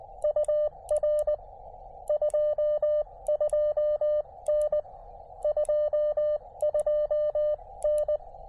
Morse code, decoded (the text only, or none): UR 22N 22N